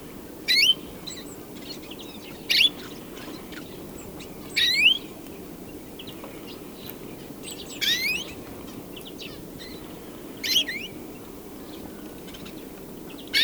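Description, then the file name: European greenfinch calls: loud upslurred whistled notes roughly every two to three seconds, with soft chips between, against a low steady hum. "Chloris chloris"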